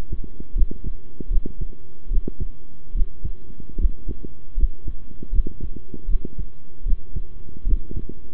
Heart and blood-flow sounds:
heart sounds by stethoscope; between the tricuspid and mitral areas; 76 bpm
0.55 s: heartbeat
1.30 s: heartbeat
2.10 s: heartbeat
2.94 s: heartbeat
3.78 s: heartbeat
4.57 s: heartbeat
5.32 s: heartbeat
6.07 s: heartbeat
6.85 s: heartbeat
7.66 s: heartbeat
From the record:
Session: rest, sitting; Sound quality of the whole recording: good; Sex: male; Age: 23 years

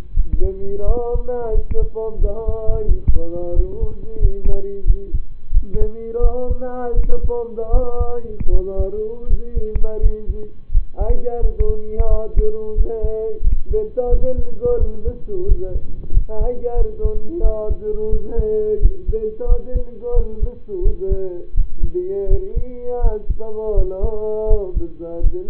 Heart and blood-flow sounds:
heart sounds by stethoscope; between the tricuspid and mitral areas; 86 bpm
0.13 s: heartbeat
0.84 s: heartbeat
1.51 s: heartbeat
2.18 s: heartbeat
2.85 s: heartbeat
3.53 s: heartbeat
4.19 s: heartbeat
4.84 s: heartbeat
5.51 s: heartbeat
6.20 s: heartbeat
6.94 s: heartbeat
7.70 s: heartbeat
8.49 s: heartbeat
9.27 s: heartbeat
9.99 s: heartbeat
10.71 s: heartbeat
11.39 s: heartbeat
12.07 s: heartbeat
12.74 s: heartbeat
13.41 s: heartbeat
14.08 s: heartbeat
14.77 s: heartbeat
15.45 s: heartbeat
16.11 s: heartbeat
16.75 s: heartbeat
17.40 s: heartbeat
18.09 s: heartbeat
18.79 s: heartbeat
19.46 s: heartbeat
20.13 s: heartbeat
20.82 s: heartbeat
21.54 s: heartbeat
22.27 s: heartbeat
23.00 s: heartbeat
23.74 s: heartbeat
24.47 s: heartbeat
25.20 s: heartbeat
From the record:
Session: rest, lying down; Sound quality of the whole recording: partially saturated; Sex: male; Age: 25 years

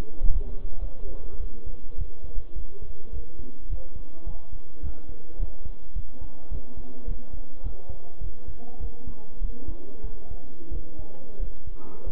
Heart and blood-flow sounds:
heart sounds by stethoscope; between the tricuspid and mitral areas; 101 bpm
0.22 s: heartbeat
0.81 s: heartbeat
1.39 s: heartbeat
1.98 s: heartbeat
2.55 s: heartbeat
3.12 s: heartbeat
3.69 s: heartbeat
4.26 s: heartbeat
4.82 s: heartbeat
5.39 s: heartbeat
5.95 s: heartbeat
6.50 s: heartbeat
7.07 s: heartbeat
7.63 s: heartbeat
8.20 s: heartbeat
8.79 s: heartbeat
9.41 s: heartbeat
10.03 s: heartbeat
10.71 s: heartbeat
11.39 s: heartbeat
12.06 s: heartbeat
From the record:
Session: bicycle stress test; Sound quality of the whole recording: good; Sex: male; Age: 23 years

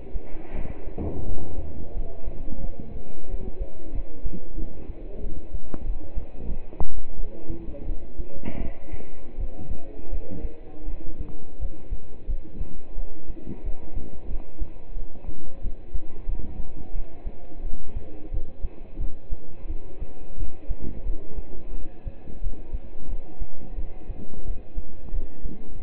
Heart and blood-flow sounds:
heart sounds by stethoscope; between the tricuspid and mitral areas; 88 bpm
0.55 s: heartbeat
1.27 s: heartbeat
1.96 s: heartbeat
2.64 s: heartbeat
3.30 s: heartbeat
3.94 s: heartbeat
4.58 s: heartbeat
5.22 s: heartbeat
5.86 s: heartbeat
6.50 s: heartbeat
7.17 s: heartbeat
7.88 s: heartbeat
8.61 s: heartbeat
9.39 s: heartbeat
10.12 s: heartbeat
10.88 s: heartbeat
11.61 s: heartbeat
12.29 s: heartbeat
12.97 s: heartbeat
13.65 s: heartbeat
14.30 s: heartbeat
14.96 s: heartbeat
15.63 s: heartbeat
16.28 s: heartbeat
16.95 s: heartbeat
17.64 s: heartbeat
18.33 s: heartbeat
19.00 s: heartbeat
19.70 s: heartbeat
20.39 s: heartbeat
21.06 s: heartbeat
21.75 s: heartbeat
22.43 s: heartbeat
23.10 s: heartbeat
23.78 s: heartbeat
24.47 s: heartbeat
25.14 s: heartbeat
25.81 s: heartbeat
From the record:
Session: pedaling a stationary bicycle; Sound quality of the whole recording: partially saturated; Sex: male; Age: 27 years

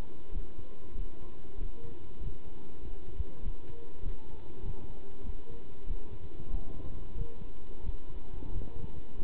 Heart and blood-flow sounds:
heart sounds by stethoscope; between the tricuspid and mitral areas; 95 bpm
0.33 s: heartbeat
0.96 s: heartbeat
1.58 s: heartbeat
2.21 s: heartbeat
2.82 s: heartbeat
3.43 s: heartbeat
4.03 s: heartbeat
4.63 s: heartbeat
5.24 s: heartbeat
5.87 s: heartbeat
6.51 s: heartbeat
7.15 s: heartbeat
7.84 s: heartbeat
8.53 s: heartbeat
9.19 s: heartbeat
From the record:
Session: pedaling a stationary bicycle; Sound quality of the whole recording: good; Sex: male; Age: 27 years

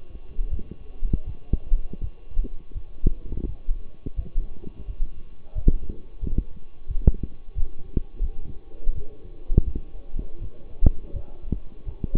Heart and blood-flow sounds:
heart sounds by stethoscope; between the tricuspid and mitral areas; 85 bpm
0.50 s: heartbeat
1.25 s: heartbeat
2.00 s: heartbeat
2.73 s: heartbeat
3.45 s: heartbeat
4.16 s: heartbeat
4.86 s: heartbeat
5.55 s: heartbeat
6.20 s: heartbeat
6.87 s: heartbeat
7.55 s: heartbeat
8.22 s: heartbeat
8.94 s: heartbeat
9.64 s: heartbeat
10.40 s: heartbeat
11.12 s: heartbeat
11.85 s: heartbeat
From the record:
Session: walking at 3.7 km/h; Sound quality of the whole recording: partially saturated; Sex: male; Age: 24 years

